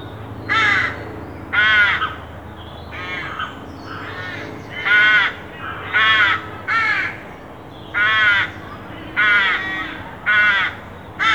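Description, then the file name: Carrion crow calling a series of loud, harsh, rasping caws over a faint low hum. "Corvus corone"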